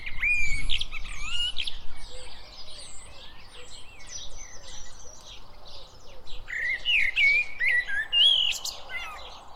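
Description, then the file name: Common blackbird song, short whistled warbles at the start and a longer fluty phrase near the end, with other small chirps around. "Turdus merula"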